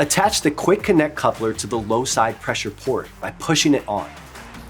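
Someone talks over background music while a recharge hose's quick connect coupler is handled at the low side pressure port of a car's A/C system, to be pushed on until it clicks. The coupler has not clicked or seated on the port yet.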